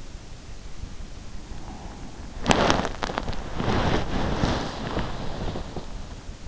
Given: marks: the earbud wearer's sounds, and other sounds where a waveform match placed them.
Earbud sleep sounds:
sounds in sleep by an in-ear microphone; breath, body movement
0.99-2.07 s: breath
2.40-6.42 s: body movement

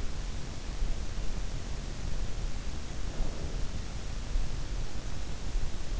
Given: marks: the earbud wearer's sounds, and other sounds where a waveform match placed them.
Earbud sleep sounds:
sounds in sleep by an in-ear microphone; breath
2.74-4.06 s: breath

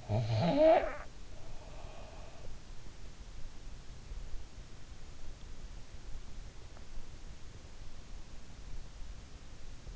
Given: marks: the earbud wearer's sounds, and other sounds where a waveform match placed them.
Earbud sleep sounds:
sounds in sleep by an in-ear microphone; snoring breath
0.00-1.33 s: snoring breath

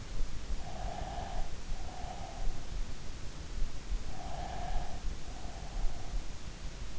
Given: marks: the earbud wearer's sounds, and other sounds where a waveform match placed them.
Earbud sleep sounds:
sounds in sleep by an in-ear microphone; breath
0.58-2.77 s: breath
4.13-6.46 s: breath

